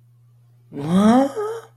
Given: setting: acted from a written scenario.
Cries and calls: vocal sound without words; negative surprise

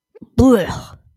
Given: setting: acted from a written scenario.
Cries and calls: vocal sound without words; disgust

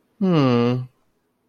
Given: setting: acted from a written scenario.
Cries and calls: vocal sound without words; neutral

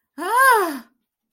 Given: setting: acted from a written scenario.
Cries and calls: vocal sound without words; negative surprise

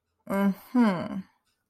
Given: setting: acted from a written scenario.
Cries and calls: vocal sound without words; interest

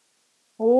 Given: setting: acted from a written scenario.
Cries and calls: vocal sound without words; guilt

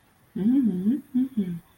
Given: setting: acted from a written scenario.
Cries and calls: vocal sound without words; desire

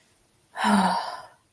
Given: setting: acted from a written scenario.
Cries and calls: vocal sound without words; guilt

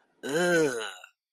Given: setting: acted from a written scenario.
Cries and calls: vocal sound without words; disgust

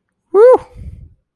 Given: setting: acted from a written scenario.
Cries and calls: vocal sound without words; elation

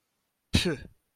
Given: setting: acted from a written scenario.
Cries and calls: vocal sound without words; contempt

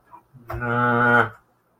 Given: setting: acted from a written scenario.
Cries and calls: vocal sound without words; shame

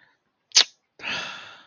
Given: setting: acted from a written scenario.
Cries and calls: vocal sound without words; disappointment

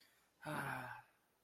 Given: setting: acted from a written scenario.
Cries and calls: vocal sound without words; relief

